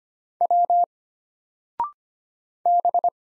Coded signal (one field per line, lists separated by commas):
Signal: Morse code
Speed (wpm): 25 wpm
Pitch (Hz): 700 Hz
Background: none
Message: W B